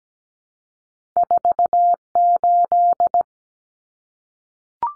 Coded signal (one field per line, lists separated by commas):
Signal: Morse code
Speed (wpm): 17 wpm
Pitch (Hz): 700 Hz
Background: none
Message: 48